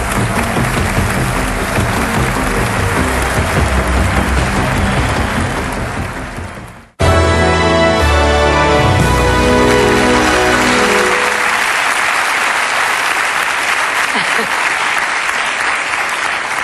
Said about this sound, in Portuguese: Estamos aqui perante esta multidão entusiasta no Estádio Nacional, onde irei revelar qual é o maior português de todos os tempos.